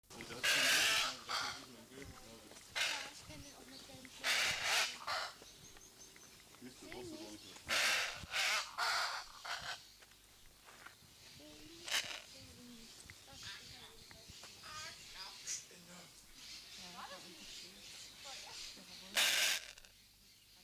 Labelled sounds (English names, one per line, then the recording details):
Black Hornbill call
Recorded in captivity
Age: adult
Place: Zoo Halle, Sachsen-Anhalt, DE
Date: 2003-10-19 15:23
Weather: heiter, ca. 3-4°C
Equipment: Fair Mate ST-1328 (Asahi Electronics, Japan), Sennheiser ME 80, Kopie Uher 4000 Report Monitor
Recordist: Tembrock, Günter